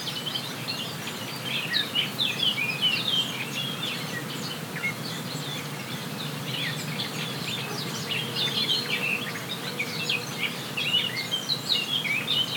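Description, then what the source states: Bird chorus of continuous high twittering and chirping notes from several singers over steady background noise. Forest birds on La Palma, binaural 3D recording.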